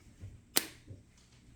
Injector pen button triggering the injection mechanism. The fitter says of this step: always remember that you have this in unlock you are going to hit the button in the top and then wait for the two clicks